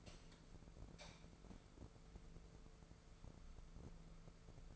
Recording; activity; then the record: daily activity, microphone in the room; light on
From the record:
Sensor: 5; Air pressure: 1014.6 hPa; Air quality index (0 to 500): 152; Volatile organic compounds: 4 ppm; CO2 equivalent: 1666 ppm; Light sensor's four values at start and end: 150/361/150/163 and 198/479/201/220